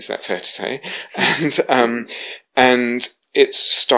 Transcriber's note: laughs